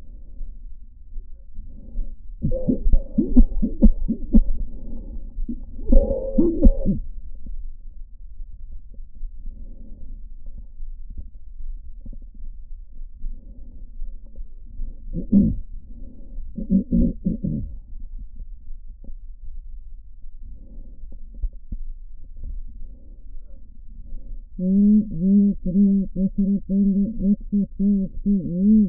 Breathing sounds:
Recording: lung sounds by stethoscope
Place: right anterior apical chest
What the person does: quiet breathing, then cough and speech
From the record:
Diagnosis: pulmonary infection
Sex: female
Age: 74 years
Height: 160 cm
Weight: 66 kg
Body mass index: 25.8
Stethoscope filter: diaphragm mode

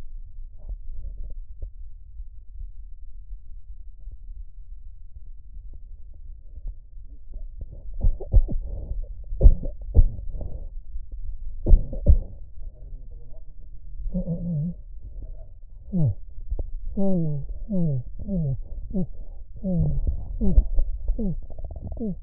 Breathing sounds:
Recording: lung sounds by stethoscope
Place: right posterior apical chest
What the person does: quiet breathing, then cough and speech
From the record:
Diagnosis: interstitial lung disease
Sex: male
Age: 82 years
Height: 158 cm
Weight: 49 kg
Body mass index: 19.6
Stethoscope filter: extended mode

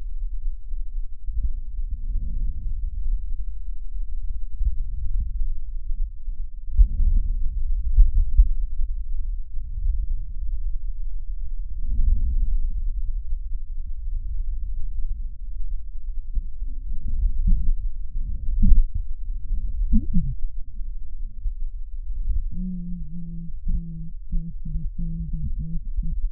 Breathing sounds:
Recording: lung sounds by stethoscope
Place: right posterior basal chest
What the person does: quiet breathing, then cough and speech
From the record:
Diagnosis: interstitial lung disease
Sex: female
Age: 72 years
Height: 158 cm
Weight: 69 kg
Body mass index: 27.6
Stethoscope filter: bell mode

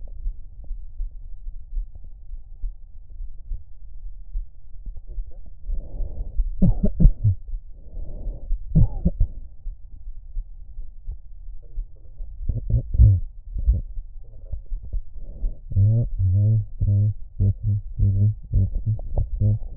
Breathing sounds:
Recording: lung sounds by stethoscope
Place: right anterior apical chest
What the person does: quiet breathing, then cough and speech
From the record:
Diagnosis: none (healthy)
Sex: male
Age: 29 years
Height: 180 cm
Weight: 100 kg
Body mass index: 30.9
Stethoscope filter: extended mode

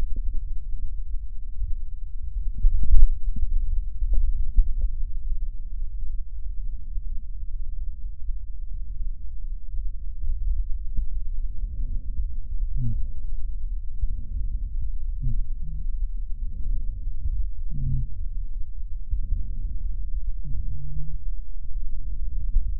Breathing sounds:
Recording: lung sounds by stethoscope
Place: left posterior basal chest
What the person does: quiet breathing, then deep breathing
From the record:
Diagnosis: interstitial lung disease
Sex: female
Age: 72 years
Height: 153 cm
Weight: 71 kg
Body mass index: 30.3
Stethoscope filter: bell mode

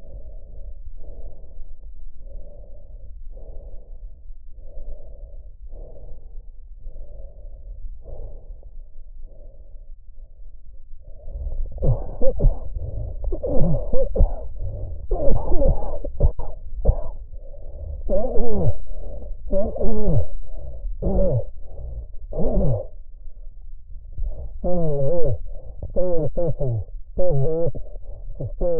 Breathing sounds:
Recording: lung sounds by stethoscope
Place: trachea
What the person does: quiet breathing, then cough and speech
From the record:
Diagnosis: COPD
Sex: male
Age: 75 years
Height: 182 cm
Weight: 98 kg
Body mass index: 29.6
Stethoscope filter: extended mode

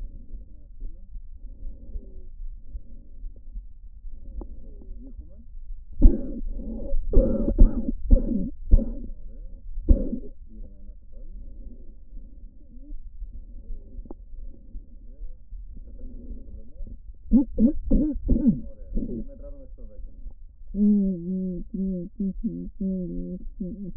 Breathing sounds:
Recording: lung sounds by stethoscope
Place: right posterior apical chest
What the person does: quiet breathing, then cough and speech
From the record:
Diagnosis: asthma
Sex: female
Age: 56 years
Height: 161 cm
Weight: 85 kg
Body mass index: 32.8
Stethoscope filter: diaphragm mode

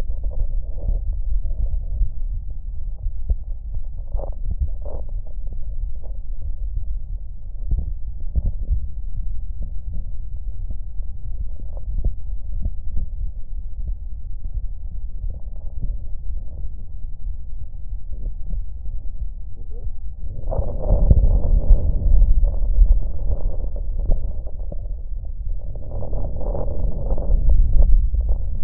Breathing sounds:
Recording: lung sounds by stethoscope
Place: left posterior basal chest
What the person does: quiet breathing, then deep breathing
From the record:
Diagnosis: none (healthy)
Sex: male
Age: 23 years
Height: 185 cm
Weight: 93 kg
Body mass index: 27.2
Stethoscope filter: extended mode

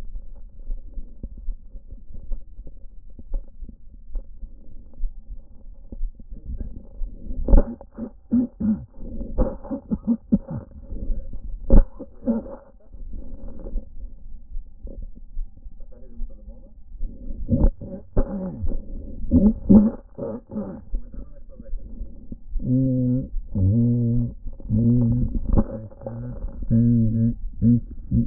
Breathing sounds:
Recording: lung sounds by stethoscope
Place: left anterior apical chest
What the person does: quiet breathing, then cough and speech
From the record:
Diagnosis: pulmonary infection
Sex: male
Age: 86 years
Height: 165 cm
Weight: 65 kg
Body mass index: 23.9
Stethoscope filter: diaphragm mode

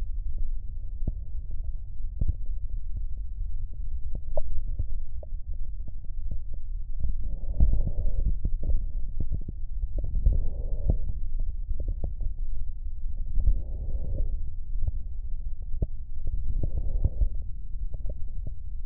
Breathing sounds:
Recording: lung sounds by stethoscope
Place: right posterior basal chest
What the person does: quiet breathing, then deep breathing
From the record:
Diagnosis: COPD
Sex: male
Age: 77 years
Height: 172 cm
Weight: 85.2 kg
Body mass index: 28.8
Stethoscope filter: extended mode

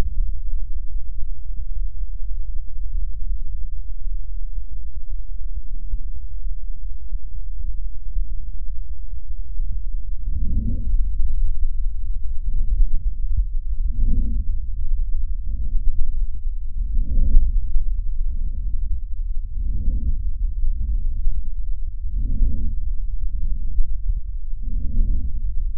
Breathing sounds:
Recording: lung sounds by stethoscope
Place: left posterior apical chest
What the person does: quiet breathing, then deep breathing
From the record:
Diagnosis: interstitial lung disease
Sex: female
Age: 70 years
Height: 160 cm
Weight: 93 kg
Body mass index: 36.3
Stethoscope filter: bell mode

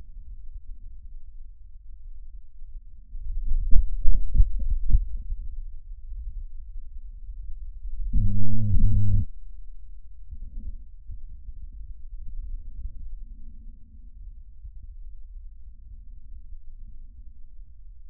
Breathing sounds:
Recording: lung sounds by stethoscope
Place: trachea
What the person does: quiet breathing, then cough and speech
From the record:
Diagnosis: COPD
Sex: male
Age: 81 years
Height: 166 cm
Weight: 98.7 kg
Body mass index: 35.8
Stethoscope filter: bell mode

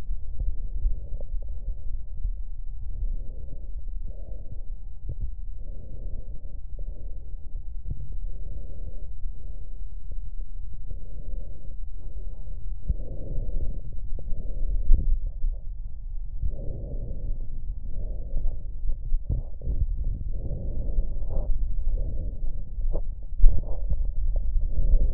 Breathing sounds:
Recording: lung sounds by stethoscope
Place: left posterior apical chest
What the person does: quiet breathing, then deep breathing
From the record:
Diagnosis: COPD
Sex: female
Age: 68 years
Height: 150 cm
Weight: 70 kg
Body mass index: 31.1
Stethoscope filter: extended mode

